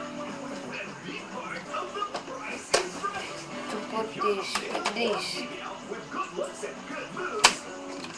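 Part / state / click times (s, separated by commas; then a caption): plastic accessory onto toy blaster tactical rail / not seated / none. A plastic accessory is handled and pushed toward the tactical rail of a toy foam blaster while someone talks, with a few brief plastic taps and knocks. Nothing has seated or clicked yet: the part is not home, and without the snap it is not locked.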